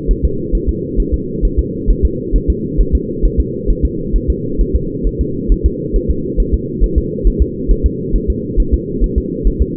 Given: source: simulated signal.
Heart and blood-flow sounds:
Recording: fetal heart sounds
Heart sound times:
0.11 s: S1
0.25 s: S2
0.55 s: S1
0.69 s: S2
1.00 s: S1
1.14 s: S2
1.45 s: S1
1.59 s: S2
1.90 s: S1
2.05 s: S2
2.36 s: S1
2.50 s: S2
2.81 s: S1
2.95 s: S2
3.25 s: S1
3.40 s: S2
3.70 s: S1
3.85 s: S2
4.16 s: S1
4.30 s: S2
4.61 s: S1
4.76 s: S2
5.07 s: S1
5.21 s: S2
5.52 s: S1
5.66 s: S2
5.96 s: S1
6.10 s: S2
6.40 s: S1
6.54 s: S2
6.84 s: S1
6.98 s: S2
7.27 s: S1
7.42 s: S2
7.71 s: S1
7.86 s: S2
8.16 s: S1
8.30 s: S2
8.60 s: S1
8.74 s: S2
9.04 s: S1
9.18 s: S2
9.47 s: S1
9.62 s: S2
From the record:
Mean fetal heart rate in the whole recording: 135 bpm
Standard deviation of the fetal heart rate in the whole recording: 3 bpm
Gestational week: 36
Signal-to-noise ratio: -6.6 dB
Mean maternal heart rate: 72 bpm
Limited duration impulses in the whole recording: present

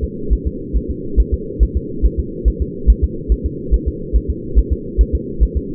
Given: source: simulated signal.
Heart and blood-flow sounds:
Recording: fetal heart sounds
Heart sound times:
0.04 s: S2
0.33 s: S1
0.47 s: S2
0.77 s: S1
0.91 s: S2
1.20 s: S1
1.34 s: S2
1.63 s: S1
1.77 s: S2
2.06 s: S1
2.20 s: S2
2.48 s: S1
2.62 s: S2
2.90 s: S1
3.04 s: S2
3.32 s: S1
3.46 s: S2
3.74 s: S1
3.88 s: S2
4.16 s: S1
4.30 s: S2
4.59 s: S1
4.73 s: S2
5.01 s: S1
5.15 s: S2
5.43 s: S1
5.57 s: S2
From the record:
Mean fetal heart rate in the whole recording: 140 bpm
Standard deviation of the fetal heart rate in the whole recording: 2 bpm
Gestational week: 34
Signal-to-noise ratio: -4.3 dB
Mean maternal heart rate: 72 bpm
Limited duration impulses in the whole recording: absent

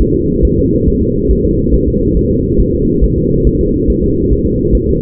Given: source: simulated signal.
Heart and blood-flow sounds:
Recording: fetal heart sounds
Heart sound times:
0.02 s: S1
0.16 s: S2
0.45 s: S1
0.59 s: S2
0.88 s: S1
1.02 s: S2
1.31 s: S1
1.45 s: S2
1.74 s: S1
1.88 s: S2
2.17 s: S1
2.31 s: S2
2.61 s: S1
2.75 s: S2
3.04 s: S1
3.18 s: S2
3.47 s: S1
3.61 s: S2
3.90 s: S1
4.04 s: S2
4.33 s: S1
4.47 s: S2
4.75 s: S1
4.89 s: S2
From the record:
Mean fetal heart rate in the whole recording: 140 bpm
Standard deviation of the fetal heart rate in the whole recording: 2 bpm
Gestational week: 34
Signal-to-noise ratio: -14.7 dB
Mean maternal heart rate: 72 bpm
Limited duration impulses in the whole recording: present

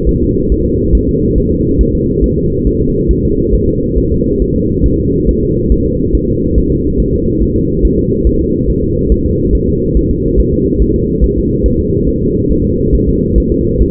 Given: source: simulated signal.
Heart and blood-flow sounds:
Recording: fetal heart sounds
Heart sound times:
0.09 s: S1
0.23 s: S2
0.52 s: S1
0.66 s: S2
0.95 s: S1
1.09 s: S2
1.38 s: S1
1.52 s: S2
1.81 s: S1
1.95 s: S2
2.24 s: S1
2.38 s: S2
2.67 s: S1
2.81 s: S2
3.11 s: S1
3.25 s: S2
3.55 s: S1
3.69 s: S2
3.98 s: S1
4.12 s: S2
4.42 s: S1
4.56 s: S2
4.86 s: S1
5.00 s: S2
5.29 s: S1
5.43 s: S2
5.72 s: S1
5.86 s: S2
6.15 s: S1
6.29 s: S2
6.58 s: S1
6.72 s: S2
7.00 s: S1
7.14 s: S2
7.43 s: S1
7.57 s: S2
7.85 s: S1
7.99 s: S2
8.27 s: S1
8.41 s: S2
8.70 s: S1
8.84 s: S2
9.12 s: S1
9.26 s: S2
9.55 s: S1
9.69 s: S2
9.97 s: S1
10.11 s: S2
10.40 s: S1
10.54 s: S2
10.82 s: S1
10.96 s: S2
11.24 s: S1
11.38 s: S2
11.66 s: S1
11.80 s: S2
12.09 s: S1
12.23 s: S2
12.51 s: S1
12.65 s: S2
12.95 s: S1
13.09 s: S2
13.38 s: S1
13.52 s: S2
13.82 s: S1
From the record:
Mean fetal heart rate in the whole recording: 140 bpm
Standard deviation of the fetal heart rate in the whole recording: 2 bpm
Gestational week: 34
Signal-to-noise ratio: -14.7 dB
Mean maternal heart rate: 72 bpm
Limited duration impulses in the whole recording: present

